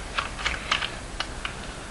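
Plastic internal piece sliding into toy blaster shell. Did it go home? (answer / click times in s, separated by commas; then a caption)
no / none. During a mod on a Nerf Recon toy foam-dart blaster, a gray plastic internal piece is lined up on a peg inside the blaster shell and slid forward. Light, sharp plastic handling taps land at about 0.2, 0.5, 0.7 and 0.9 s, with fainter ones near 1.2 and 1.5 s. The piece has not clicked or seated home yet.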